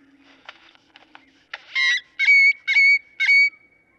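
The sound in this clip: Great-tailed grackle giving a few scattered ticks, then four loud, harsh, nasal notes with a steady ringing tone, each about a third of a second.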